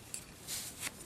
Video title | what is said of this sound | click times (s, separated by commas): Fansproject REVOLVER CORE (Roadbuster): EmGo's Transformers Reviews N' Stuff | that will snap into place | 0.1 s